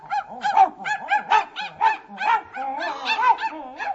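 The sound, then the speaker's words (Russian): Geese honk harshly and repeatedly, a rapid, overlapping string of loud nasal calls with rising and falling pitch, continuing without a break for the whole stretch. “Лают-то как сердито. Словно ругаются, только что слов не разобрать.”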